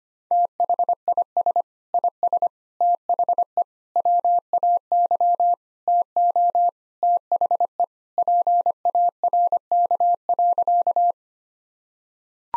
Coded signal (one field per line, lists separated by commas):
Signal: Morse code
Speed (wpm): 25 wpm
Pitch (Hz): 700 Hz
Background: none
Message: THIS IS THE WAY TO THE PARK.